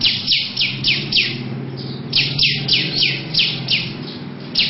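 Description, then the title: Lovebird sounding bright, scratchy chirps in small groups, roughly three a second, above a steady low hum. Long "ngekek panjang" song. "Audio Lovebird Ngekek Panjang Ciblek"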